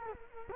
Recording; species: mosquito wingbeat signal from an infrared sensor; Culex quinquefasciatus